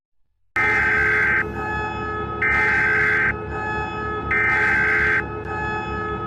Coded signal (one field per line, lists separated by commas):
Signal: Emergency Alert System (SAME) tones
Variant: header bursts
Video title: All Of North America’s EAS Alarms